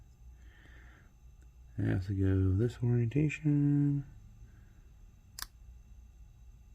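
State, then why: Seated. Someone talks, then a camera cable connector is pushed into a video transmitter socket in the required orientation. A single sharp click at 5.4 s marks the connector seating, followed by a low background hum.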